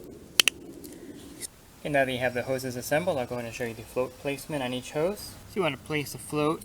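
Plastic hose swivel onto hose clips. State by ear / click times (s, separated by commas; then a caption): seated / 0.4 s, 0.5 s. A plastic hose swivel for a return-side pressure pool cleaner is lined up with the clips on the hose and pushed down firmly, giving two sharp clicks at 0.4 s and 0.5 s as it snaps in and seats. After a short quiet stretch, someone talks for the rest of the clip.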